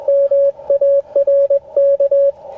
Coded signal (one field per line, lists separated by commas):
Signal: Morse code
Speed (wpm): 21 wpm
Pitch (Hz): 600 Hz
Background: none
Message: MARK